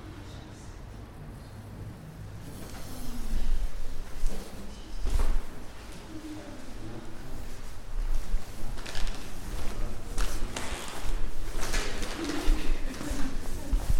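A walk through Prague, with a steady murmur of voices and low rumble underneath. The sound swells after the first few seconds, and sharp knocks and footstep-like taps break through now and then, clearest around the middle and near the end.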